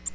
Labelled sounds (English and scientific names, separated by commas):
Tennessee Warbler (Leiothlypis peregrina) flight call